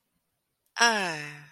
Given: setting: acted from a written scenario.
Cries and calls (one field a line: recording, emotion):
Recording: vocal sound without words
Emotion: romantic love